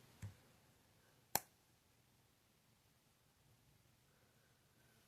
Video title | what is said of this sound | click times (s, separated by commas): Bear and Son One Arm Razor Barlow Knife | Just got a nice firm click and shutting. | 1.4 s